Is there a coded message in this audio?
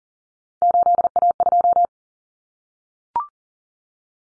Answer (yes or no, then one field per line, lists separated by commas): yes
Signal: Morse code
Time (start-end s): 0.6-1.9 s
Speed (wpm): 40 wpm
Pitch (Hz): 700 Hz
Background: none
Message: 8A2